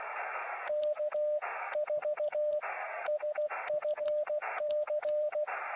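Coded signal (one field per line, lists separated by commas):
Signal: Morse code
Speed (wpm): 16 wpm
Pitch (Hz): 600 Hz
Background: radio noise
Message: K4SFC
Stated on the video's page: QRP CW contacts from a lakeside campsite on an Elecraft KX2 with an end-fed antenna in a tree.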